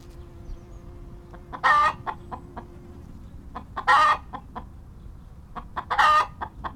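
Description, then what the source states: Chicken gives three loud squawks about two seconds apart, each surrounded by short clucks, with a quiet pause between bursts. Clucking and squawking.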